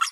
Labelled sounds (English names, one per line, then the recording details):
Green-rumped Parrotlet babbling
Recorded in a nest box in Venezuela
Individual 18B25A5